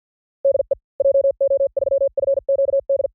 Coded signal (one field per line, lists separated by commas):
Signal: Morse code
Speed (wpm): 48 wpm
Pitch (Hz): 550 Hz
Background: none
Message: DE JO3FQD